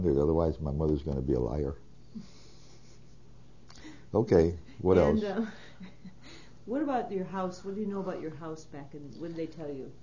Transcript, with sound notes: Otherwise my mother's going to be a liar. Okay. What else?
( she laughs ) What about your house? What do you know about your house back in, what did they tell you?